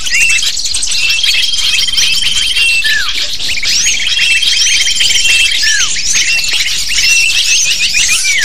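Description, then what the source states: Lovebird chorus of sharp chirps and occasional falling squeals, over long level whistled tones that start and stop. Recording of lovebird calls used to lure lovebirds.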